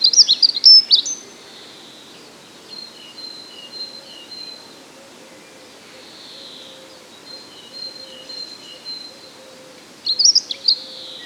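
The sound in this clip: Dunnock song, quick high scratchy warbled phrases at the start and near the end, with long thin steady whistles in between.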